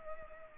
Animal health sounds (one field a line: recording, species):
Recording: mosquito wingbeat signal from an infrared sensor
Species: Culex pipiens